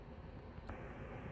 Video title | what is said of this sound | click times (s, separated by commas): Wiring up the driver side ambient lighting | just push this in until you hear it click so | 0.7 s